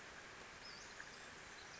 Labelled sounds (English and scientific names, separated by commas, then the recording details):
Western Flycatcher (Empidonax difficilis)
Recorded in Sonoma County, California